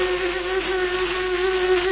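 A thin, steady whine of buzzing insect wings drones on without a break, holding one high-pitched tone with a faint wavering edge. It stays moderately loud throughout, with no voices.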